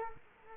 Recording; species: mosquito wingbeat signal from an infrared sensor; Culex quinquefasciatus